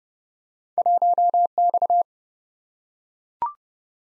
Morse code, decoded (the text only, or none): 1X